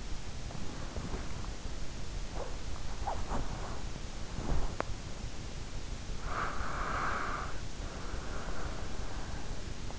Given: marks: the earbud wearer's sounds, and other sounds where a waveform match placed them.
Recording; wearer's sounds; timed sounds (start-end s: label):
sounds in sleep by an in-ear microphone; body movement, breath
0.00-5.03 s: body movement
6.17-9.98 s: breath